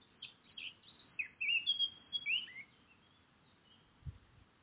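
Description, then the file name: Eurasian blackcap song in short bursts of sweet warbling and a couple of rising whistles, with a soft low thump near the end. "Sylvia atricapilla"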